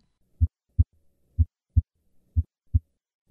Innocent systolic murmurs are due to increased flow across the normal aortic or pulmonic valve. These murmurs occur in the absence of any structural or physiologic abnormalities in the cardiovascular system. In adults, they are usually heard in the second right intercostal space or sometimes in the second left intercostal space. Listen to an innocent systolic murmur. An innocent systolic murmur is one that occurs in an otherwise normal cardiovascular examination.